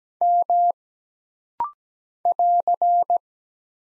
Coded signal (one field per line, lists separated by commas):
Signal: Morse code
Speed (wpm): 17 wpm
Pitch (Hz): 700 Hz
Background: none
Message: M <AR>